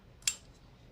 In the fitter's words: There you go. And when it goes in, you'll hear a little snap.